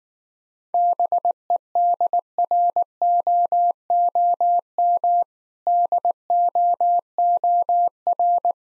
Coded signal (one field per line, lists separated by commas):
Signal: Morse code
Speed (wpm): 19 wpm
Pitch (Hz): 700 Hz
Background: none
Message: BEDROOM DOOR